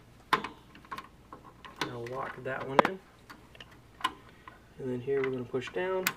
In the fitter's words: we push this one down should hear a snap and then turn it lock